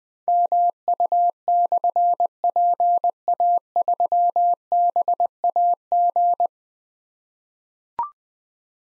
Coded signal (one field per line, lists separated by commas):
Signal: Morse code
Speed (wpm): 20 wpm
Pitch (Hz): 700 Hz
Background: none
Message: MU/PA3BAG